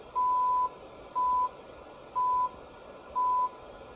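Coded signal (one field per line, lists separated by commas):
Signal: radio time signal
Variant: CHU Canada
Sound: four 1 kHz beeps one second apart, the first longer, over hiss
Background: radio static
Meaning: Each tone marks one second; the longer first tone marks the start of a minute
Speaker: I'll also turn on another receiver here in the background where you can hear the audio from CHU Canada.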